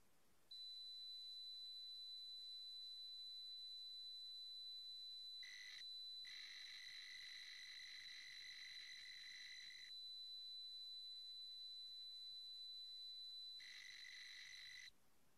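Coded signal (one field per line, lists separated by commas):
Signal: computer data on cassette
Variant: TRS-80 Pocket Computer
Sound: steady high whistle, three stretches of a lower buzzing two-tone warble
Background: faint hiss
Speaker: I'm going to plug in my line in to see how the computer handles it. And then I'll do a C save to see if we can see anything on that. So let me do that.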